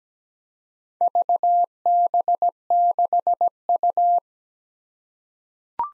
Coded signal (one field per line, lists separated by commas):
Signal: Morse code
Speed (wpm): 17 wpm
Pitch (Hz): 700 Hz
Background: none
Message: VB6U